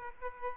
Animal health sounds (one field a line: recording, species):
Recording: mosquito wingbeat signal from an infrared sensor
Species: Aedes aegypti